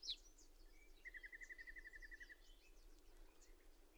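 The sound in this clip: Bird song: a sharp high note, then an even trill of about a dozen quick repeated notes lasting over a second, with faint twittering from other birds and low background hum.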